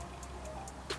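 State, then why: Not seated. The cylinder three terminal (pin 55) of a coil-on-plug kit is being pushed into the plastic factory GE ECU/loom connector housing by hand. Faint small ticks sound over a low steady hum, with a slightly louder tick near the end. Nothing has seated or clicked yet.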